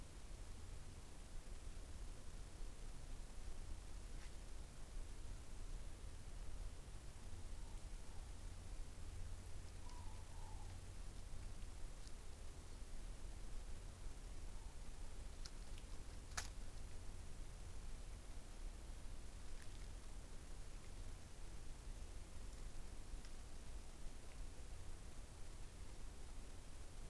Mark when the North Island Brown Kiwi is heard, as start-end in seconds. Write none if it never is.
none